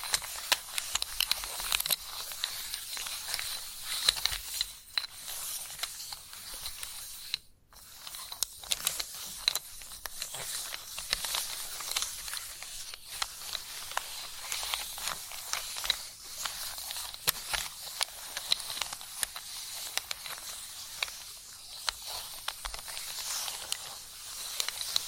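Chalk scratches and scrapes almost continuously, a dense bright rasping with quick taps, pausing briefly around seven seconds before resuming.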